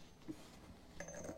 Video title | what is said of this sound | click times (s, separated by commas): Montage complet de mon nouveau vélo 🚲 / Meral Artemis / Mécanique ⚙️ | Quand on entend le petit claque, c'est que c'est bon. | 1.0 s